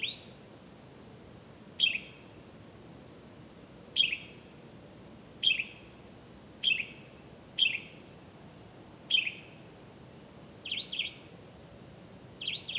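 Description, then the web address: Bird chirps: single crisp chirps repeating roughly every one to two seconds, ending with two slightly longer double notes. "misc bird"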